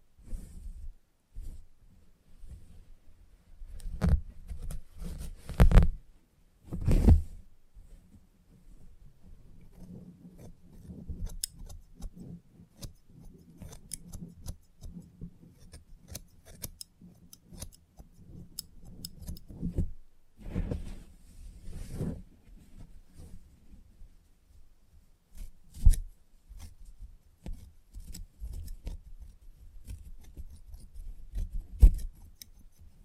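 Scissors snip during a salon haircut, with sharp clicks and brushing sounds scattered through the clip. A low, steady hum runs underneath, and louder bursts stand out near 6, 7, 20–22, 26 and 32 seconds.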